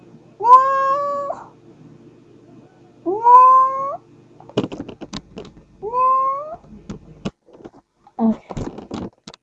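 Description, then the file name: Domestic cat meowing, three drawn-out meows about every three seconds, with clicks and rustling sounds between and after them. Pet cat. "My Cat Cammi Meowing"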